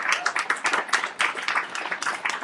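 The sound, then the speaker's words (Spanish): Steady applause from a crowd for the host's two companions on a comics radio programme: many overlapping hand claps form a dense, crackling wash of sound at an even, moderately loud level, with no voices over it. “¡Un aplauso, por favor!”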